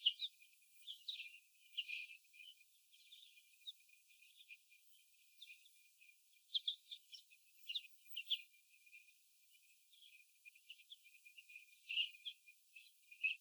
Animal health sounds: young laying hens in a cage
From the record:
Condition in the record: after the stressor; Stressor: sudden umbrella opening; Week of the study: 2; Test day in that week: 1

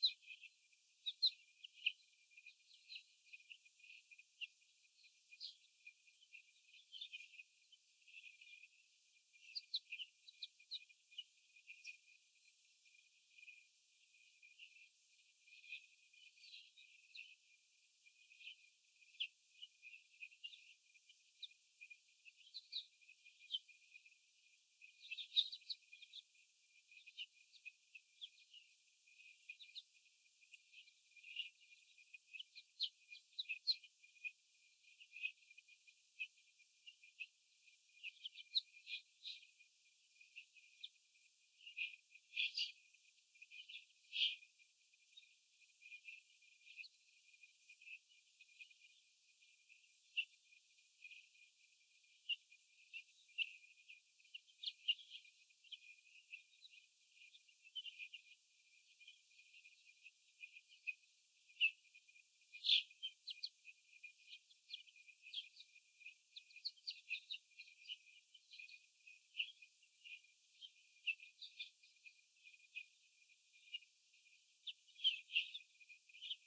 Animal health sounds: young laying hens in a cage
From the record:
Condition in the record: after the stressor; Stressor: sudden umbrella opening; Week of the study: 3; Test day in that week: 2

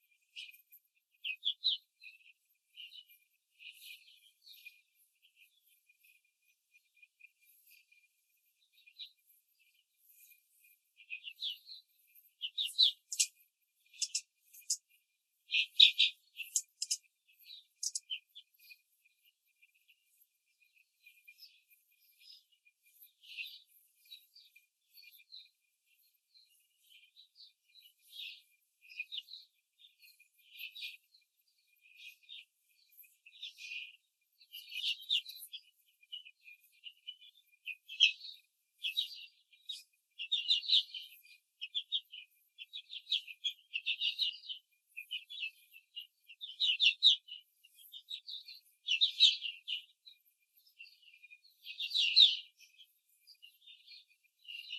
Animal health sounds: young laying hens in a cage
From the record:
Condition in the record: control cage, before the stress test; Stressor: none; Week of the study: 4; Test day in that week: 1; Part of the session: 3

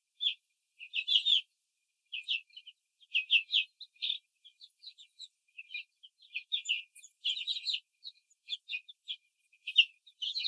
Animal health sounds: young laying hens in a cage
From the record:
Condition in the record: control cage, before the stress test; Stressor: none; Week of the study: 4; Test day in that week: 3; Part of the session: 4

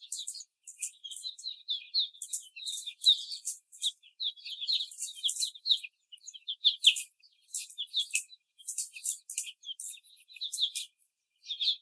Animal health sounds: young laying hens in a cage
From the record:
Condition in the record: before the stressor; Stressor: simulated dog barking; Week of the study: 4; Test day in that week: 3

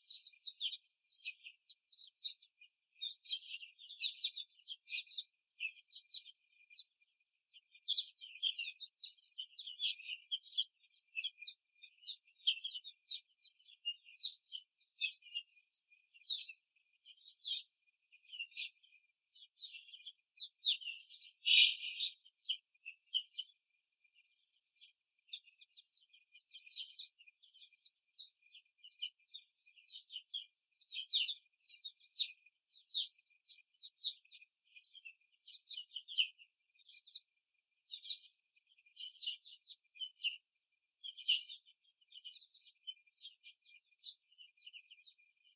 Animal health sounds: young laying hens in a cage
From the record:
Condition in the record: before the stressor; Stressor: simulated dog barking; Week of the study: 3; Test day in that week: 1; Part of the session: 4

